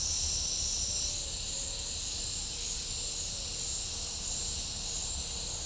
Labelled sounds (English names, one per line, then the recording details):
none
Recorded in pastures near Puerto Asís, Putumayo, Colombia, on 26 December 2024 at 08:30
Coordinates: 0.496, -76.326
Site G004